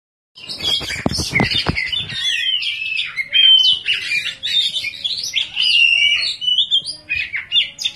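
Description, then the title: Oriental magpie-robin song opens with harsh, scratchy bursts, then turns into a dense, continuous flow of varied sweet whistles and twittering notes. "Kacer"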